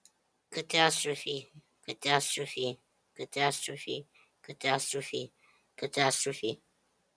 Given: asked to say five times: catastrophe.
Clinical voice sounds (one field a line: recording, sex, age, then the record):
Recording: repeated word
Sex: male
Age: 30 to 39 years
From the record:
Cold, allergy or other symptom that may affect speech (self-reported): no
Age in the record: 37 years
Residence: Pennsylvania, United States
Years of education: 12